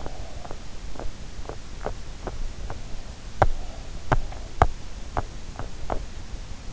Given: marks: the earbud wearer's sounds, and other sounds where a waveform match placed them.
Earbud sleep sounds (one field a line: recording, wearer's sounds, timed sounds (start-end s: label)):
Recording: sounds in sleep by an in-ear microphone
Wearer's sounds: teeth grinding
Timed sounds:
0.00-6.26 s: teeth grinding